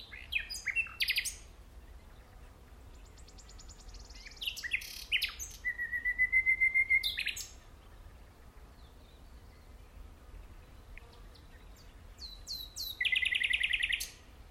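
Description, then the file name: Common nightingale song: varied sharp notes, a long steady pulsing trill, pause, then a loud rapid rattling series near the end. "Luscinia megarhynchos"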